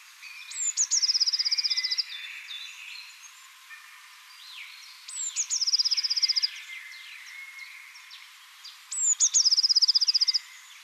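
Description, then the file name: Blue tit song in three bursts about four seconds apart, each opening with thin high notes and running into a quick, level trill; quiet chirps from other birds behind. "blaumeise"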